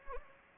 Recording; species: mosquito wingbeat signal from an infrared sensor; Anopheles arabiensis